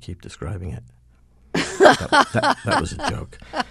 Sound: soundbite of laughter

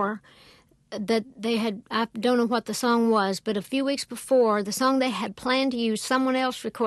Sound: none

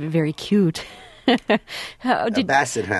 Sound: soundbite of laughter

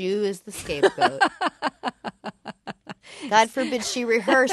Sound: soundbite of laughter

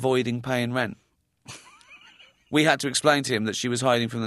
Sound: soundbite of laughter

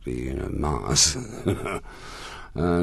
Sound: soundbite of laughter

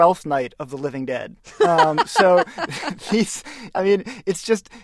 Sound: soundbite of laughter

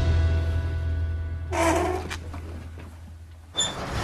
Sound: sighs; soundbite of door closing; soundbite of car crash

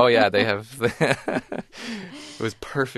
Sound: soundbite of laughter

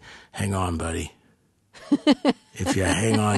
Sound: soundbite of laughter

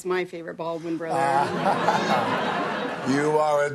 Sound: soundbite of audience laughter

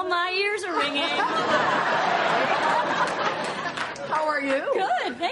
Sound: soundbite of laughter

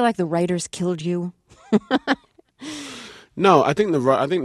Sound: soundbite of laughter

